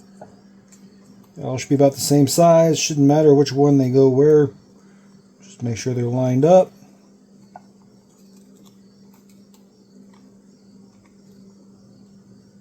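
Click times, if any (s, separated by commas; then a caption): none. Crimped terminal pins are lined up by hand to go into a plastic connector housing on the stator harness of a Sea-Doo 951DI, with two faint ticks near 0.2 and 0.7 seconds and a steady low hum underneath. Someone talks for most of the clip. Nothing has seated or clicked yet.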